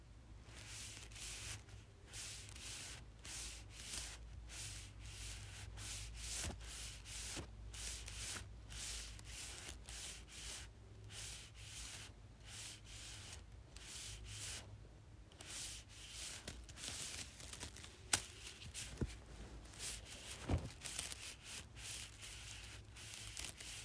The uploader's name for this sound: Rubbing Small Straws Together